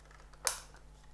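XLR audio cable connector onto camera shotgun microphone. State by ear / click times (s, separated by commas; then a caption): seated / 0.5 s. An XLR audio cable connector with three holes is lined up on the notch and slid onto the three pins of a camera shotgun microphone. After a couple of faint ticks, it latches with one sharp click at 0.5 s that rings briefly across the highs. The connector is seated.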